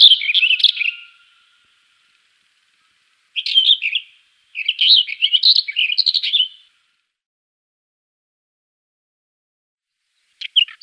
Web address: Schulze Peter Black Wheatear song